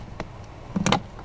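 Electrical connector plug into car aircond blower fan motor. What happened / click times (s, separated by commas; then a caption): The plastic electrical plug clicks into place / 0.9 s. While refitting the aircon blower fan on a Waja car, a plastic electrical plug is pushed onto the blower motor. A short tap at 0.2 s and a soft knock at about 0.8 s are followed by a sharp, bright click at 0.9 s (0.86 s) with a second click right after. The connector seats with the click at 0.9 s.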